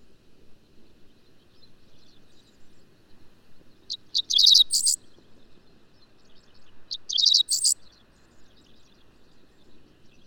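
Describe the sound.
Bird song: two short bursts of high, rapid chattering notes about three seconds apart, over faint low background noise.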